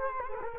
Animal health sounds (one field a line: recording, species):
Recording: mosquito wingbeat signal from an infrared sensor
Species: Culex quinquefasciatus